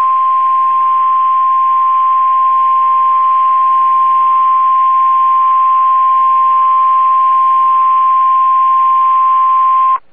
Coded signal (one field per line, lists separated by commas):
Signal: Emergency Alert System (SAME) tones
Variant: 1050 Hz attention tone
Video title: Real NOAA Weather Radio EAS Alert #260